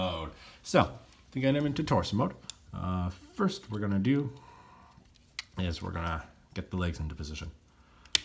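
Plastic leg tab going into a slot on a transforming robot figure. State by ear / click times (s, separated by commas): seated / 8.1 s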